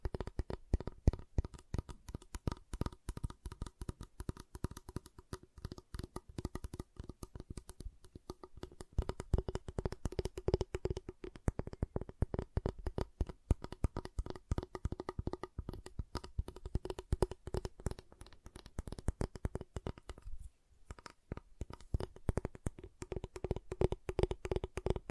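Rapid, dense tapping on a giant chocolate bar, crisp clicks coming many times a second, with a brief pause around twenty seconds.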